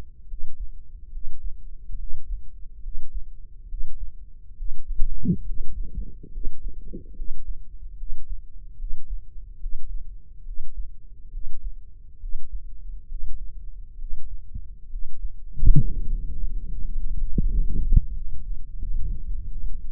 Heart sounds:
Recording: heart sounds by microphone in the left ear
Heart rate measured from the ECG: 72 bpm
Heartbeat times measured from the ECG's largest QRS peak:
0.25 s: heartbeat
1.09 s: heartbeat
1.95 s: heartbeat
2.80 s: heartbeat
3.66 s: heartbeat
4.54 s: heartbeat
5.43 s: heartbeat
6.30 s: heartbeat
7.14 s: heartbeat
7.95 s: heartbeat
8.76 s: heartbeat
9.58 s: heartbeat
10.43 s: heartbeat
11.29 s: heartbeat
12.17 s: heartbeat
13.06 s: heartbeat
13.96 s: heartbeat
14.87 s: heartbeat
15.77 s: heartbeat
16.66 s: heartbeat
17.45 s: heartbeat
18.10 s: heartbeat
18.77 s: heartbeat
19.47 s: heartbeat
From the record:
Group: healthy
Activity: breath hold 0-17 s, rest 17-20 s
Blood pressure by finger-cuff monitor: 104/76 mmHg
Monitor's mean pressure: 84 mmHg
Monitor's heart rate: 71 bpm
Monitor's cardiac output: 5.2 L/min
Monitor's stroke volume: 74 mL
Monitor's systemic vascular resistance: 1190 dyn s/cm5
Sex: male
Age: 20 years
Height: 187 cm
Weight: 68.9 kg

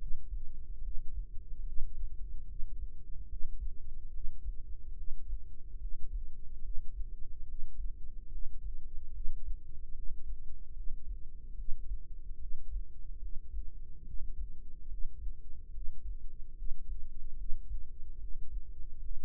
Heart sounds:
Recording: heart sounds by microphone in the right ear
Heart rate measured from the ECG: 73 bpm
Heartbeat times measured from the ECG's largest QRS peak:
0.79 s: heartbeat
1.62 s: heartbeat
2.44 s: heartbeat
3.25 s: heartbeat
4.09 s: heartbeat
4.92 s: heartbeat
5.76 s: heartbeat
6.60 s: heartbeat
7.44 s: heartbeat
8.27 s: heartbeat
9.09 s: heartbeat
9.91 s: heartbeat
10.71 s: heartbeat
11.53 s: heartbeat
12.35 s: heartbeat
13.17 s: heartbeat
14.01 s: heartbeat
14.85 s: heartbeat
15.68 s: heartbeat
16.51 s: heartbeat
17.33 s: heartbeat
18.15 s: heartbeat
18.97 s: heartbeat
From the record:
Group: healthy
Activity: breath hold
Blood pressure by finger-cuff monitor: 97/59 mmHg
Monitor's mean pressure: 74 mmHg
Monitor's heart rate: 73 bpm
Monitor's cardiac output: 6.4 L/min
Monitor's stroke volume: 88 mL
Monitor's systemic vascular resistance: 840 dyn s/cm5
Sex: female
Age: 26 years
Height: 165 cm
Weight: 55 kg

